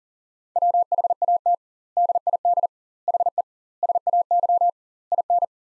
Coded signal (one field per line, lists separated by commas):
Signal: Morse code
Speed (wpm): 38 wpm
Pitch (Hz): 700 Hz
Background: none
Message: WHAT DID HE SAY IN